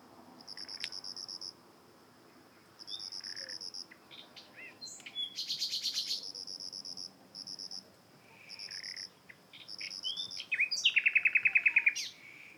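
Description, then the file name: Common nightingale singing varied phrases: rows of fast high pulsed notes, a buzzy rattling burst in the middle, and a rapid trill near the end. "Luscinia megarhynchos"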